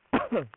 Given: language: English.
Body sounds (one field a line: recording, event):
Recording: throat vibration sensor signal played as sound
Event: cough